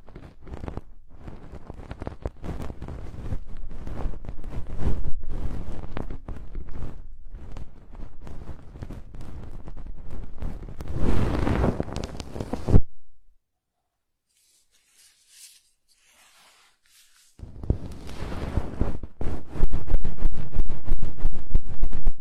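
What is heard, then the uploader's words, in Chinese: Ear cleaning: dense, crackling scratches and rapid clicks with a low rumble, swelling into a louder rub around eleven seconds. It drops to near silence from about thirteen to seventeen seconds, then the scraping returns louder and busier. 掏耳朵。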